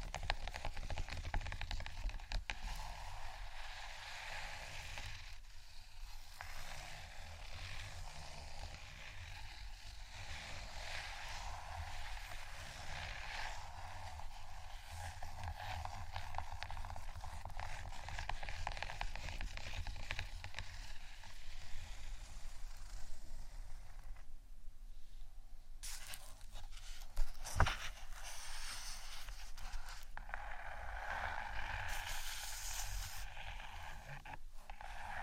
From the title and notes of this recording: ASMR Gentle Scratching & Tapping For Sleep (No Talking).